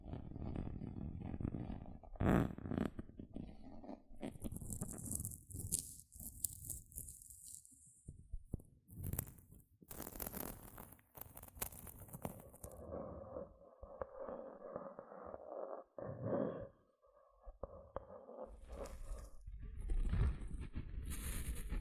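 Gentle scratching comes in uneven bursts, mixing soft low rustles with brighter, hissy strokes, especially around five to eight seconds and again near ten to twelve. Later a steadier mid-pitched scraping continues, broken by brief pauses near seventeen seconds.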